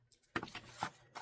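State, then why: Seated. The paper tray of a scrapbooking border maker, a border punch system, is pulled out and locks into its open position with a sharp click at 0.4 s. A few lighter rattles follow, then a softer knock around 0.8 s and another tap at the end. The tray is seated and locked open.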